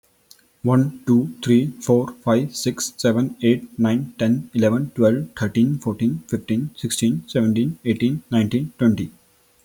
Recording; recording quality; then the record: counting at a fast pace; excellent, no background noise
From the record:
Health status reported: healthy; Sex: male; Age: 22 years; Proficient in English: yes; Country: India